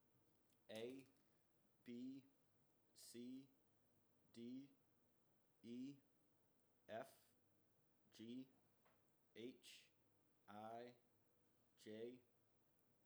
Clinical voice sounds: letters of the alphabet, spoken; free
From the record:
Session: first day, before the bite bar

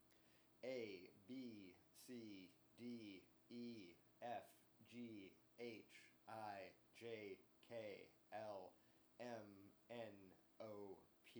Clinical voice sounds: letters of the alphabet, spoken; free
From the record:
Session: seven days later

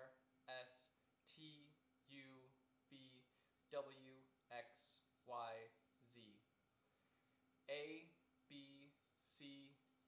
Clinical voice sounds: letters of the alphabet, spoken; free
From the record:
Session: first day, before the bite bar

